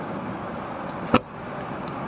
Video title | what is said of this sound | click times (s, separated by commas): User Guide - Rimor Horus 95 (2024) | and push firmly until you hear a click as the sheath engages | 1.9 s